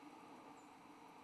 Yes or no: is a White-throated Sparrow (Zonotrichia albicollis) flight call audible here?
no